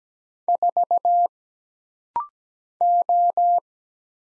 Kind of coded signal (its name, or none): Morse code